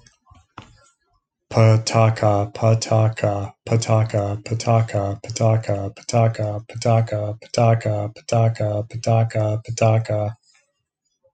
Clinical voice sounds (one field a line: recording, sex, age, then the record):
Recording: repeated syllables /pa ta ka/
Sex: male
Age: 40 to 49 years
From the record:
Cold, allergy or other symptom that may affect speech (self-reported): no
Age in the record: 49 years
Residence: California, United States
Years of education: 26